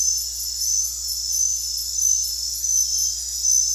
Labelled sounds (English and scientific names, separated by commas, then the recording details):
none
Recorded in dense forest near Puerto Asís, Putumayo, Colombia, on 9 March 2025 at 00:00
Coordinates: 0.503, -76.323
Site GP09